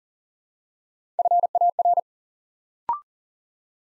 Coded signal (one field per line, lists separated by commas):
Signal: Morse code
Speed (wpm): 39 wpm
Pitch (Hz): 700 Hz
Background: none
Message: FAR